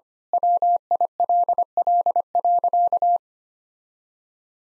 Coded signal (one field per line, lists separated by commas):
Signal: Morse code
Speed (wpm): 25 wpm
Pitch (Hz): 700 Hz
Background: none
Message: WILL.